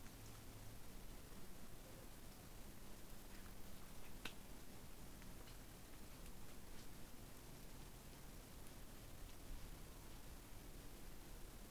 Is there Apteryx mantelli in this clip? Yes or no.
no